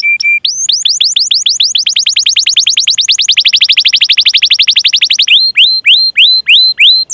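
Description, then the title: Canary song: short piping notes, then a long fast run of descending whistled notes, ending in slower spaced falling whistles. Canary singing vigorously (gacor) with ornamented song phrases (cengkok, isian), used for song training of other birds. "Kenari Gacor Cengkok Isian Kenarigacor Kicaumania Kenari"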